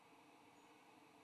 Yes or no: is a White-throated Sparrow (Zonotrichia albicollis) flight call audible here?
no